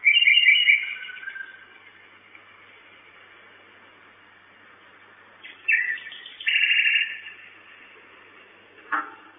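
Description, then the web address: Common nightingale phrases: a rich trill, a long pause, then harsh buzzy notes and a final sharp descending note. Recorded at a nest box on 10 May 2009 at 23:16, at night. "nistkasten 20090510 2316 nachtigall"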